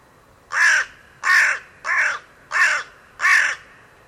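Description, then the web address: Bird uttering five quick, hoarse caws in close succession, the middle one a little softer. "cianscape. Deverinetal. Bird Only"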